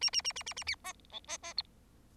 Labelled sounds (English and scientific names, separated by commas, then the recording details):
Bengalese Finch (Lonchura striata domestica) song
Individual Bird4